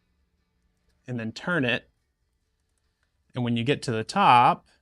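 A hooped hat is pushed onto the cap driver of a Ricoma SWIFT embroidery machine and turned, while someone talks in two short bursts with quiet pauses between. The hat hoop has not locked into place yet; nothing has seated or clicked by the end of the clip.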